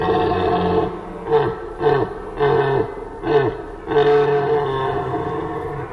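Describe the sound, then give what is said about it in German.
A deep, resonant stag rutting call blown by a hunter through a triton shell, imitating a younger stag seeking a hind and ready for a fight: a long droning bellow followed by a series of short, grunting pulses, then another sustained moan, loud with no talking over it. “Ich mache also den jüngeren Hirsch, der nach einem Tier sucht und einer kleinen Rauferei nicht abgeneigt ist.”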